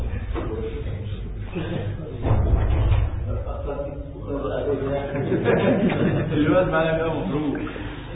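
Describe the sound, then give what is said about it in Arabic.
A door thumps and rattles as people try to force it open, pushing the right side and pulling the left, with a heavy low bang around the middle, while voices strain and murmur over the effort. “ها نيجي نكسر الباب معاك؟ قل بسم الله، لا حول ولا قوة الا بالله، ادفع اليمين واسحب اليسار.”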